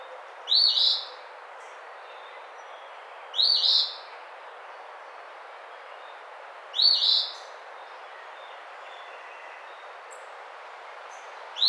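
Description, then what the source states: Eastern phoebe repeating its raspy two-part song several times, with quiet hiss between phrases. Recorded 28 April 2009.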